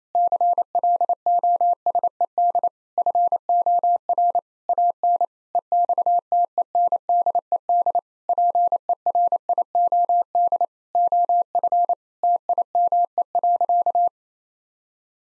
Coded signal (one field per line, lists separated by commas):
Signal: Morse code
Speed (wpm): 28 wpm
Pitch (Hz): 700 Hz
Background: none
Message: CLOSED FOR AN EXTENDED PERIOD OF TIME.